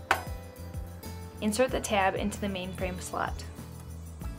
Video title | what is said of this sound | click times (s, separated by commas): Zebra - ZE500 Print Engine: How-to Complete a DPI Conversion | Position the peel roller and press until you hear it click. | 0.1 s